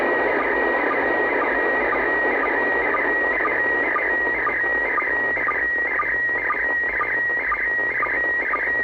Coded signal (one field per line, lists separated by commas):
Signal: SSTV (slow-scan television)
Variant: PD 120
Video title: SSTV image Decoding Intetnational Space Station